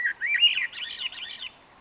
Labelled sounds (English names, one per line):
Swainson's Thrush